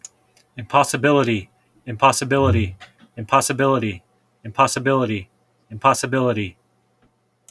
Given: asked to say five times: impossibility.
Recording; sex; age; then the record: repeated word; male; 40 to 49 years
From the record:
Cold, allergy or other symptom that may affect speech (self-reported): no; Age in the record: 48 years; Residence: California, United States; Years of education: 14